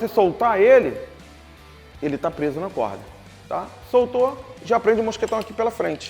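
A carabiner is handled at the front of a fall arrester held on a rope, about to be clipped through, while someone talks. Music plays underneath the speech. The clip ends before the carabiner gate snaps shut, so nothing has seated or clicked yet.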